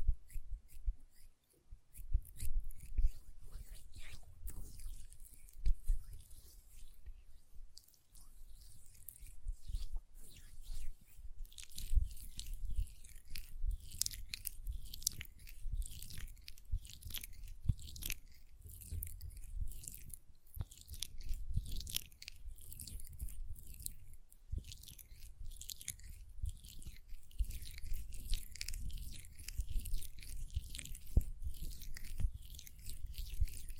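Dense, continuous crackling and tapping of hands and nails, with bright rustly clicks over a low rumble, briefly quieter near eight seconds.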